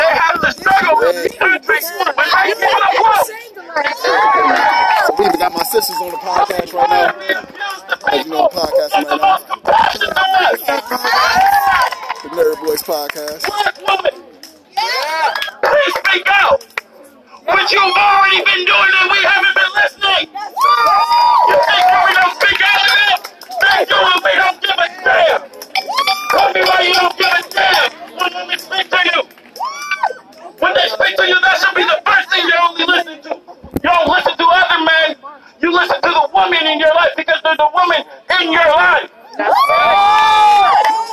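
A protest in a city square: continuous overlapping voices fill the recording, with shouting and chanting rising and falling in bursts. The crowd noise rarely drops, leaving only brief gaps near 15, 17 and 30 seconds before the voices surge again.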